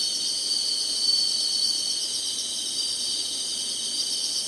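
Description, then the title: A continuous high-pitched insect drone, rapid pulsing buzz with no pauses. Summer. "SINGING INSECTS SUMMER"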